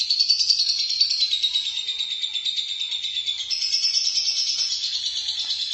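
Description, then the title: Lovebird song, an unbroken stream of shrill, rapid chattering and twittering notes. "BM Suara Burung Lovebird"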